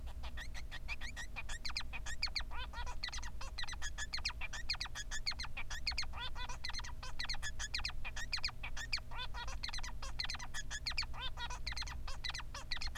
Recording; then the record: song of a male Bengalese finch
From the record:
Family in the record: son of father 3